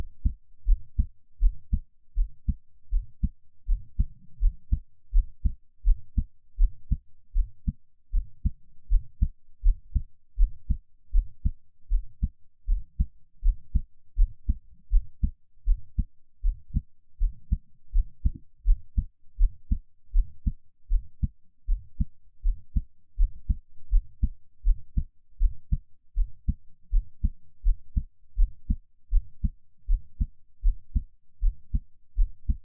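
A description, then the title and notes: A heartbeat thumps steadily throughout, each beat a low, muffled double knock repeating at a regular, fairly quick pace, a little over one per second. Everything stays deep and dull, with a soft rumbling wash filling the gaps between beats. ASMR 獻上我的心跳 | Give my Heartbeat. NO Talking.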